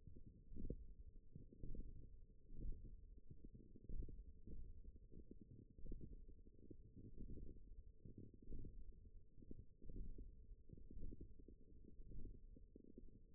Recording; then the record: forearm muscle sounds (acoustic myography)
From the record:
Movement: radial deviation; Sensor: system 1, eight BSWA MPA416 microphones around the upper forearm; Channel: 1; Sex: female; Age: 20 years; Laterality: right